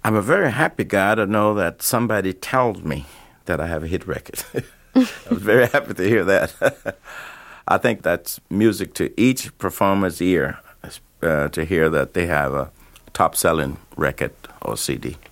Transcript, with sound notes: I'm a very happy guy to know that somebody tells me that I have a hit record. (LAUGHTER) I was very happy to hear that. (laughter) I think that's music to each performer's ear to hear that they have a top-selling record or CD.